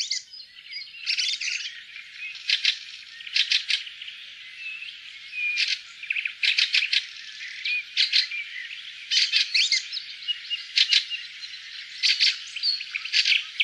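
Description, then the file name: Fieldfare calls, harsh chattering bursts of rapid clicking notes repeated irregularly, over a continuous high twittering background. "graatrost"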